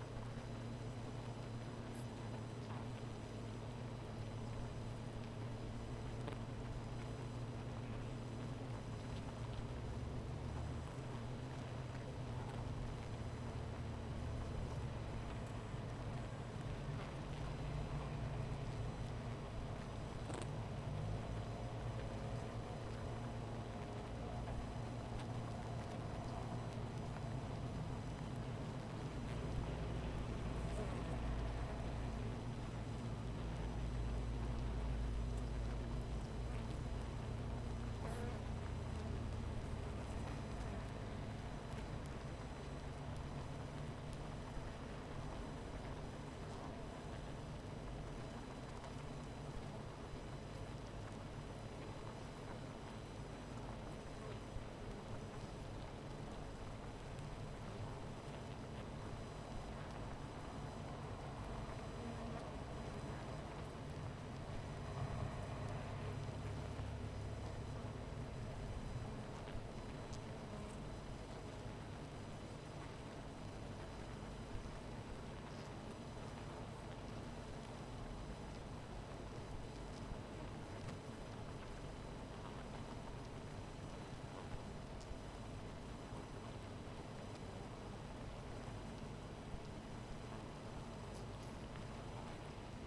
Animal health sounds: honeybee colony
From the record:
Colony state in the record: missing queen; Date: 14 July 2017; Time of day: 17:56

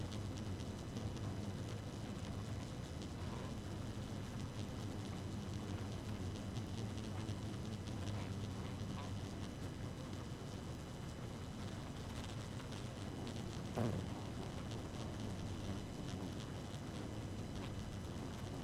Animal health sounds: honeybee colony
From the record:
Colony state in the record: active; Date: 12 June 2018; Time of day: 1:50

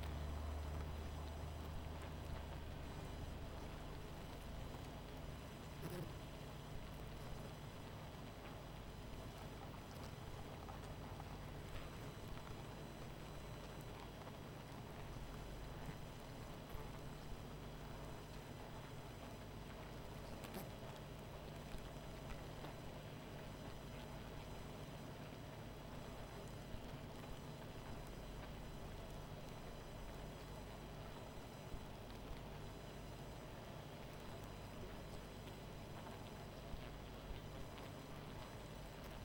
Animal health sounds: honeybee colony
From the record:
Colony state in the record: missing queen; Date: 14 July 2017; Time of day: 20:51

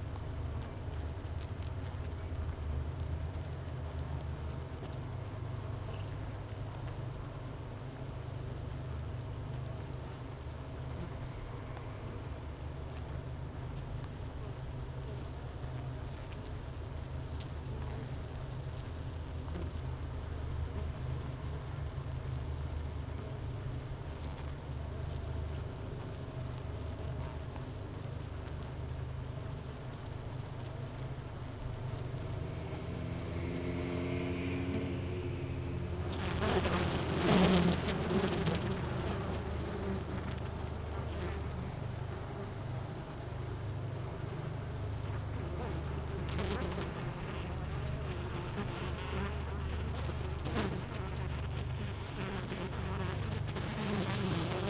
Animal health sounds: honeybee colony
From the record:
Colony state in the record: missing queen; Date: 31 May 2018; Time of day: 10:08

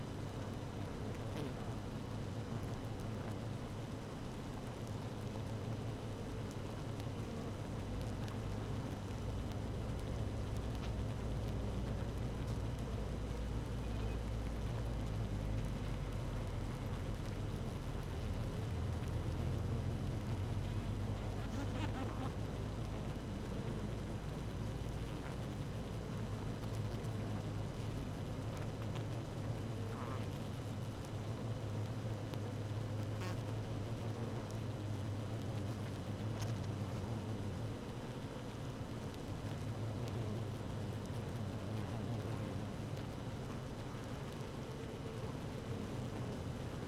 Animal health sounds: honeybee colony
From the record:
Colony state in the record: active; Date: 12 June 2018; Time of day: 15:30

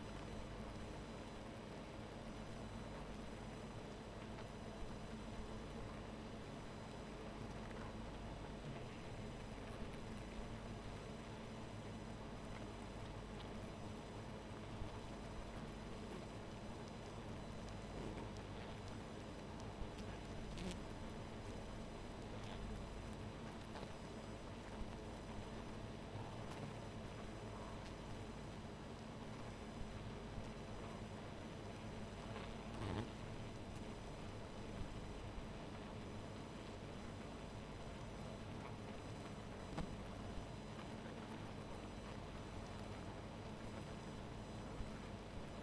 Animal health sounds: honeybee colony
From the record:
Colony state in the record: missing queen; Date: 14 July 2017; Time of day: 0:02

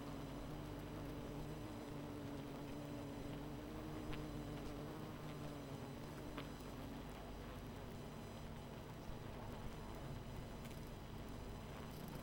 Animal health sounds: honeybee colony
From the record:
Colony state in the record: missing queen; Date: 14 July 2017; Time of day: 22:33

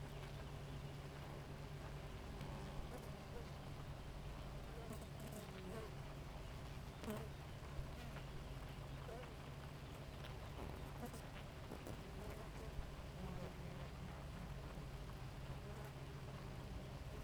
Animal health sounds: honeybee colony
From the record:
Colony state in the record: active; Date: 28 July 2017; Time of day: 4:10

